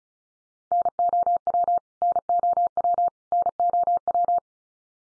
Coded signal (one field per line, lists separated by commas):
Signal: Morse code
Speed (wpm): 34 wpm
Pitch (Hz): 700 Hz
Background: none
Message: NOW NOW NOW